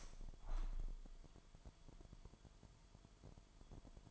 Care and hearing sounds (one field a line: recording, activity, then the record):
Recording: daily activity, microphone in the room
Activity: open window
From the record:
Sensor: 5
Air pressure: 998.0 hPa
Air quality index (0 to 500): 98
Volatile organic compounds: 2 ppm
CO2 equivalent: 1118 ppm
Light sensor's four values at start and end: 27/64/26/29 and 27/64/27/29